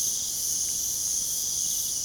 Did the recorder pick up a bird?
no